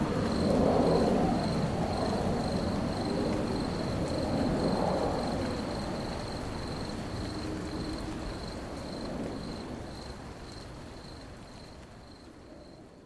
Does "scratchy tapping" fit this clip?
no